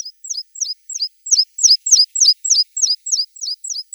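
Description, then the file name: Meadow pipit, a rhythmic run of thin, high double notes, a falling slur then a rising tick, about three to four per second, growing louder mid-series. "Konek lugovoj"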